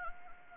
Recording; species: mosquito wingbeat signal from an infrared sensor; Anopheles gambiae